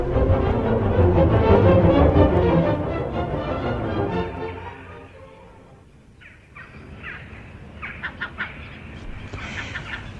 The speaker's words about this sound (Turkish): Yoksa kargalar seni rahatsız mı ediyor?